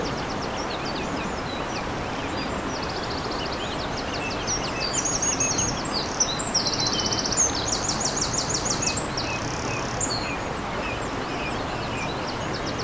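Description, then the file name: Eurasian wren pouring out a vigorous song of shrill trills and quick chattering notes, set against steady rushing water. Recorded by a stream on 21 April 2015 using an MZ-N 710 recorder. "MZ-N 710 Troglodyte mignon ruisseau 21 04 15"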